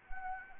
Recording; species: mosquito wingbeat signal from an infrared sensor; Anopheles arabiensis